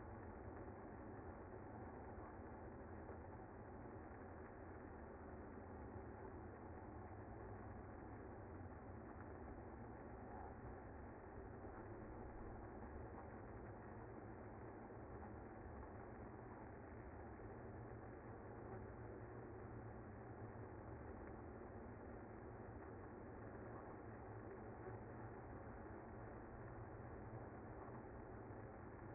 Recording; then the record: honeybee colony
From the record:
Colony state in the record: active